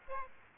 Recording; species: mosquito wingbeat signal from an infrared sensor; Aedes aegypti